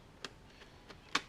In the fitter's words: yeah, it snaps right in there.